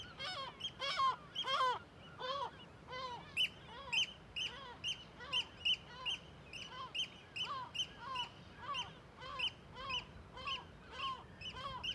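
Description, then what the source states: Gull calls, rapid repeated harsh yelps throughout. Cliff colony in a huge cirque above Viðarlundin forest, Kunoy, Faroe Islands; gulls alarmed by the recordist; quadraphonic recording with MixPre-6 II and DPA microphones.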